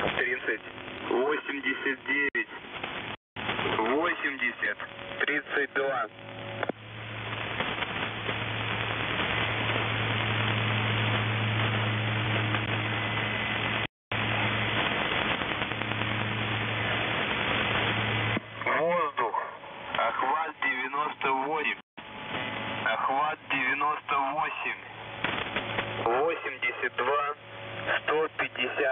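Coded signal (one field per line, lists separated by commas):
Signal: coded military voice message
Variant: The Goose, Russian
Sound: russian voice reads numbers and code words, long stretch of static in between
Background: radio static, low hum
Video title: The Goose | 03rd September 2023 | Voice Messages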